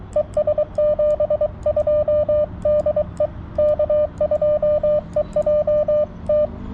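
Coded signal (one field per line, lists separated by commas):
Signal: Morse code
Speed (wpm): 22 wpm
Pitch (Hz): 3000 Hz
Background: none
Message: ES 72 DE K2EJT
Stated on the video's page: CW Parks On The Air activation on 40m using a TX-500 with a WRC antenna and BaMaTech TP-III key.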